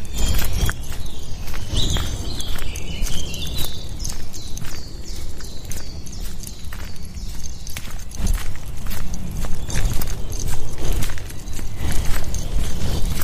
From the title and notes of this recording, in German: Morgens mit dem Hund raus. Ein Spaziergang im Wald mit Hund, begleitet von vielen Vögeln.